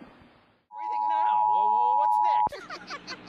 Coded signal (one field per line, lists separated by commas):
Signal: Emergency Alert System (SAME) tones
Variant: 853 and 960 Hz attention tone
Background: speech